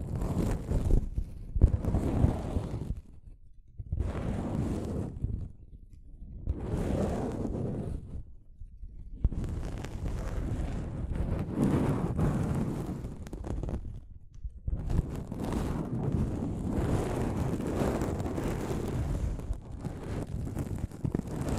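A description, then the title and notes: Soft fabric brushes against a microphone in repeated rumbling strokes, low and muffled with a faint hiss above. Short bursts come roughly every two seconds at first, separated by near silence, then from about nine seconds the rubbing grows longer and nearly continuous. ASMR Mic Brushing using Soft Fabric (No Talking).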